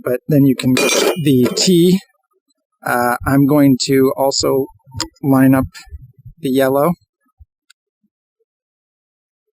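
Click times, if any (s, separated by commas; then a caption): none. A T-bracket is handled and lined up on yellow marks before being pushed onto an extension pole. Someone talks for most of the clip, and a few faint taps follow near the end, around 7.4 s and 7.7 s. Nothing has seated or clicked yet.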